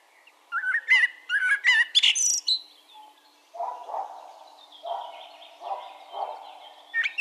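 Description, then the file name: Common blackbird giving rich fluted warbles followed by a high squeaky flourish, then a pause filled with lower, softer sounds. "Turdus merula"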